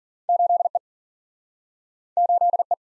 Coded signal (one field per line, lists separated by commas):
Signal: Morse code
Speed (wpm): 53 wpm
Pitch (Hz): 700 Hz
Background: none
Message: 8E 8E